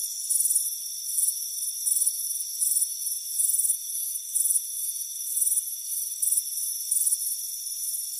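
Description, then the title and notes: Cricket chirps come as quick rattling bursts, repeating steadily, layered over continuous shrill background tones. Crickets chirping on a warm afternoon on a front porch. "Soothing Crickets Chirping Sound. It's a warm afternoon as you relax in a hammock on the front porch. Relax and fall asleep to the soothing sound of chirping crickets. Deep Sleep Sounds"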